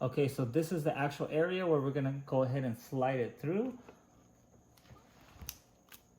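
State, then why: Seated. A plastic Uppababy cup holder is slid onto an adapter already clipped to the frame of an Uppababy Vista stroller. Someone talks for the first four seconds, then after a few faint taps a sharp click at 5.5 s marks the cup holder seating on the adapter. A softer tap follows just before 6 s.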